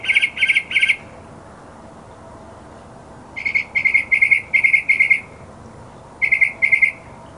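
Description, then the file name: Mockingbird song of rapid, loud buzzy chirps in clusters of two to seven, separated by short silences. Mockingbird song presented as masteran, a tutor recording for training songbirds. "suara masteran mockingbird"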